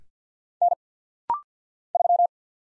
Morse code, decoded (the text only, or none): N 3